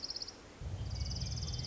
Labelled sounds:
Orange-crowned Warbler (Leiothlypis celata)
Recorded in Sonoma County, California

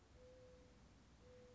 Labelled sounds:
Mourning Dove (Zenaida macroura)
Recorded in Sonoma County, California

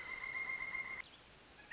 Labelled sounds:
Pileated Woodpecker (Dryocopus pileatus)
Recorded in Sonoma County, California

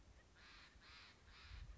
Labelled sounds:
Steller's Jay (Cyanocitta stelleri)
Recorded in Sonoma County, California

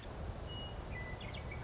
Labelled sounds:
Western Meadowlark (Sturnella neglecta)
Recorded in Sonoma County, California

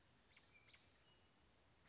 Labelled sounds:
American Robin (Turdus migratorius)
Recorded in Sonoma County, California

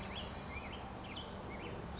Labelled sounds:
Black-headed Grosbeak (Pheucticus melanocephalus)
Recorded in Sonoma County, California

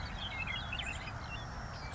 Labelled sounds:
Savannah Sparrow (Passerculus sandwichensis)
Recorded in Sonoma County, California

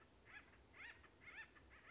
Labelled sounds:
Acorn Woodpecker (Melanerpes formicivorus)
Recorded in Sonoma County, California

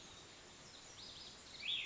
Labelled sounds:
Cassin's Vireo (Vireo cassinii)
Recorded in Sonoma County, California

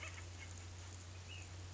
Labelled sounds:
Ash-throated Flycatcher (Myiarchus cinerascens)
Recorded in Sonoma County, California

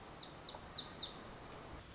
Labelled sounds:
Lazuli Bunting (Passerina amoena)
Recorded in Sonoma County, California

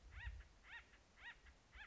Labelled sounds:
Acorn Woodpecker (Melanerpes formicivorus)
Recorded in Sonoma County, California

